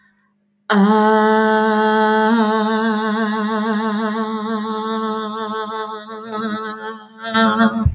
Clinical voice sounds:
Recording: vowel held as long as possible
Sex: female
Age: 30 to 39 years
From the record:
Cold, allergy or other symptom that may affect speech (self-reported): no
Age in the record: 33 years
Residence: North Carolina, United States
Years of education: 0

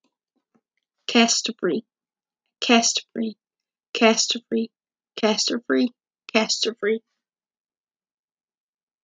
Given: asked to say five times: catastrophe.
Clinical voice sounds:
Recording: repeated word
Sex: female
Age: 30 to 39 years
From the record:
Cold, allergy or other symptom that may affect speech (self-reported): no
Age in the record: 37 years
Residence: Georgia, United States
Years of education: 9

